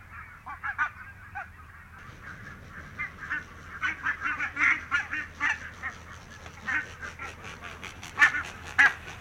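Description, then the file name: Barnacle goose flock calling, a dense chorus of sharp barking honks that builds and grows busier, many birds overlapping in quick irregular succession. "valkoposkihanhi"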